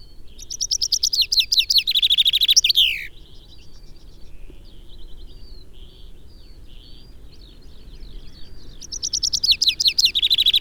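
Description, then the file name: Common chaffinch song: a bright rattling trill descending in pitch and ending in a flourish, then about six seconds later a second song cut off at the end, with faint chirps of other birds between. "Fringilla coelebs"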